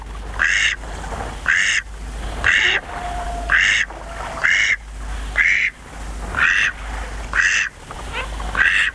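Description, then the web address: Eastern spot-billed duck quacking, loud nasal calls repeated about once a second in a steady series, around nine calls, with a faint whistle midway. "sikioto. karugamo"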